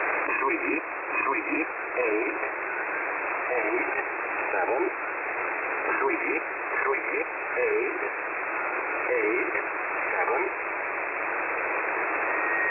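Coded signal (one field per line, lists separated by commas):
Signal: numbers station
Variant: E07a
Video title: E07a On 5811 kHz USB February 25, 2021 05:50 UTC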